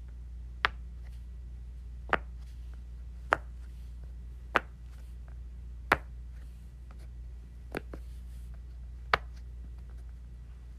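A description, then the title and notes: A pop-it toy is pressed, giving sharp, bright pops at an unhurried, slightly uneven pace of about one every second or so, seven in all. Between them is a low, steady hum. ASMR Playing with my Pop-It.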